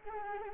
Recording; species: mosquito wingbeat signal from an infrared sensor; Anopheles arabiensis